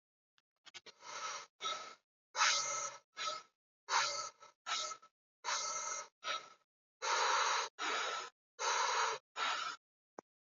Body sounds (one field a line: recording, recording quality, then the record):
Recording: shallow breathing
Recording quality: excellent, no background noise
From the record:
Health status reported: exposed to COVID-19, no respiratory illness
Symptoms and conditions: none ticked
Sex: male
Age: 50 years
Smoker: not ticked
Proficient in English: yes